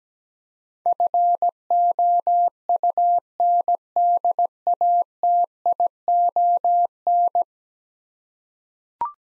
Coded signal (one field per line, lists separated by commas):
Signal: Morse code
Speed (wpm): 17 wpm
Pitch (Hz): 700 Hz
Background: none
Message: FOUNDATION